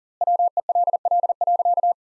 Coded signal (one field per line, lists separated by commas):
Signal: Morse code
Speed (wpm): 40 wpm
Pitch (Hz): 700 Hz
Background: none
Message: WELL.